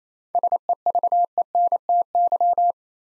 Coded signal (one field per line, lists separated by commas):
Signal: Morse code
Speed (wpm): 27 wpm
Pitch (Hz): 700 Hz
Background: none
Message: SEVENTY